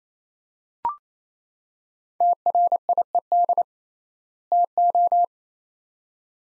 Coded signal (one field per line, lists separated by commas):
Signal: Morse code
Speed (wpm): 28 wpm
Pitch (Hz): 700 Hz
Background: none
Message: TRIED TO